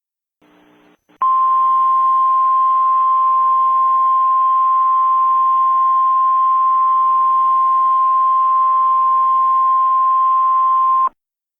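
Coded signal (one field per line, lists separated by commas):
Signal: Emergency Alert System (SAME) tones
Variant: 1050 Hz attention tone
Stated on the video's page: Recreated alert using a real winter storm warning message with a synthesized computer voice.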